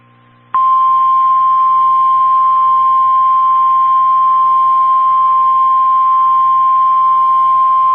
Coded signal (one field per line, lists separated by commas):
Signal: Emergency Alert System (SAME) tones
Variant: 1050 Hz attention tone